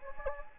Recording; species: mosquito wingbeat signal from an infrared sensor; Anopheles gambiae